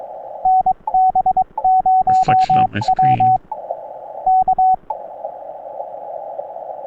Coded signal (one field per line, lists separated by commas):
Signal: Morse code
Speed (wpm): 22 wpm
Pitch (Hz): 750 Hz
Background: radio noise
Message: NB0W K